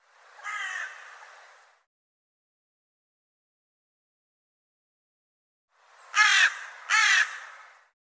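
Bird calling one drawn-out harsh caw, a long pause, then two quick grating caws close together.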